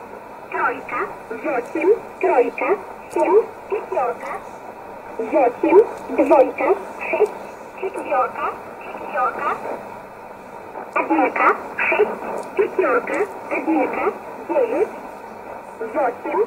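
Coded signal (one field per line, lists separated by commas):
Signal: numbers station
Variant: S11a Cherta, Russian voice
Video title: 25 06 2020 S11a Cherta Numbers station in Russian 0709 on 9339 unknown tx site in USB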